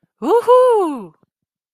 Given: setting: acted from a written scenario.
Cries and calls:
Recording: vocal sound without words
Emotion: ecstasy

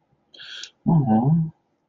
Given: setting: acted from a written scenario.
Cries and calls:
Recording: vocal sound without words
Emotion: sympathy

